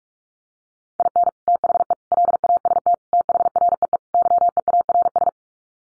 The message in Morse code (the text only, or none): IN THE LAST THREE YEARS